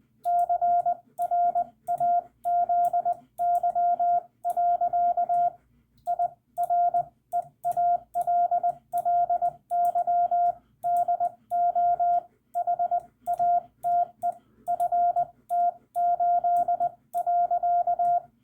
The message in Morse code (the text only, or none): CRAZY. I REALLY DO HATE FT8.